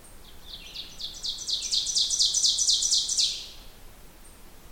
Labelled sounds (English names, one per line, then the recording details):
Ovenbird song
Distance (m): 15 m
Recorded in boreal forest in Alberta, Canada, on 16 June 2016 at 08:07
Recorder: SongMeter 3, array SBT-3-32
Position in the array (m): 144 m, 26 m
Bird 36